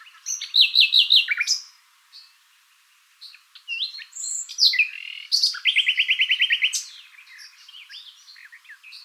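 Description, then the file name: Common nightingale song opening with a quick run of loud repeated notes, a pause, then whistled slurs and another fast, rhythmic trill. "Luscinia megarhynchos"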